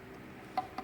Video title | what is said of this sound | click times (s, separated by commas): Raxiom Halo Fog Lights 2013 Mustang GT Install 2 of 2 | and then this side clips in this is the part you pulled off | 0.6 s, 0.8 s